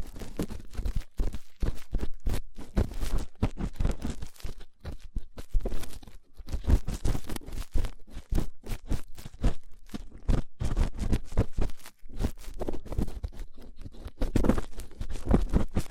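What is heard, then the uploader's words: Rough ear cleaning makes a dense run of scratchy rubbing and crackling, with sharp bursts coming several times a second. The rasping is uneven and rough, with short quieter gaps near six and twelve seconds, and a low rumble underneath the whole time. ASMR Rough Ear Cleaning (No Talking).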